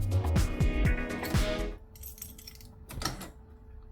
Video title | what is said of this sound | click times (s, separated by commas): The Mercedes Benz C200 Owner brought the car back!!! The AMG A250 Continues - Part 5 | So, when we take the key out, we should in theory hear it lock. | 3.1 s